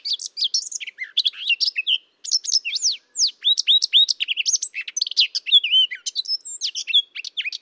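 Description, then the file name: Eurasian blackcap song: continuous hurried warbling of twittering notes mixed with clear sweeping slurs, running almost without a break. "Sylvia atricapilla"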